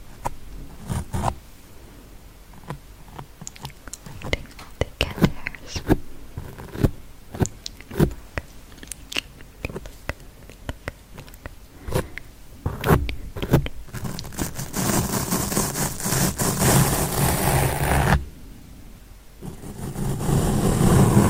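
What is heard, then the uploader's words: Close, crackling scratches on a microphone come in quick irregular bursts, then give way to a dense, steady rubbing hiss near the end. Intense Mic Scratching DEEP in Your Ears. Long nails, sponge, forks, ear to ear.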